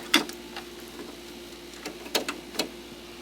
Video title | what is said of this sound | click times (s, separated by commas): Embroidering Baseball Cap - Brother Persona PRS100 | make sure it's snapped into place | 0.1 s